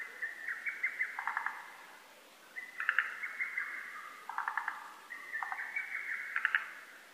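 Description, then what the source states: Lesser cuckoo song: three loud whistled phrases of quick stuttering notes, repeated about every two and a half seconds. Recorded on 12 June 2010.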